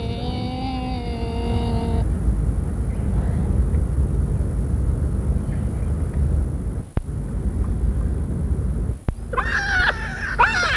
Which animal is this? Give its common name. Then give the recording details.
Giant Otter. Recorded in captivity. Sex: pair. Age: adult. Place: Tierpark Carl Hagenbeck, Hamburg, DE. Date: 1961. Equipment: Minifon, Kopie Smaragd. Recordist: Tembrock, Günter